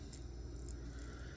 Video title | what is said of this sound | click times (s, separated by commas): Build #1139 - Pompano SF/BRZ - Summers | until you hear it and feel it clicking | 0.1 s, 0.7 s